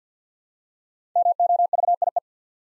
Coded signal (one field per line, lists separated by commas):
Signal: Morse code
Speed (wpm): 48 wpm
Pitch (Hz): 700 Hz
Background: none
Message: MOVIE